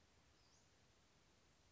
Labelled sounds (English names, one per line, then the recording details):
Western Flycatcher
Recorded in Sonoma County, California